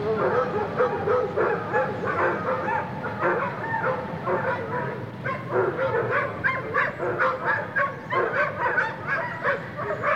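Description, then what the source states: Dogs barking continuously, many sharp overlapping barks and yips in rapid succession. Barking and howling in a kennel.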